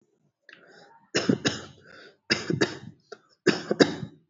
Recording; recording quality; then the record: shallow voluntary cough; excellent, no background noise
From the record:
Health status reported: healthy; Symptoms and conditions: none ticked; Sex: male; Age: 24 years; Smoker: not ticked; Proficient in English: yes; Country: India